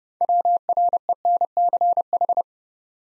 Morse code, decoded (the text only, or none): WRENCH